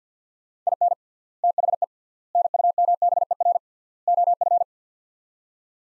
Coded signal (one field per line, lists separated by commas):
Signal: Morse code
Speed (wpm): 50 wpm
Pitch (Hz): 700 Hz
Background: none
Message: IN THE NUMBER OF